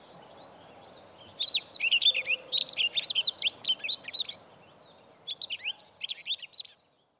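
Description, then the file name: Rustic Bunting song: two bright, warbling phrases of quick sweet notes, the first about three seconds long, the second shorter after a brief pause, over quiet background. Recorded at Ashoro on 8 April 2008. "kashiradaka ashoro hanada"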